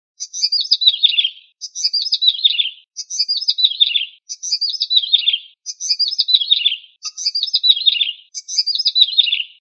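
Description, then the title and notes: Bird song: a high warbled phrase falling in pitch, repeated seven times at steady intervals. Birds of Indonesia. "Kicau Burung Indonesia"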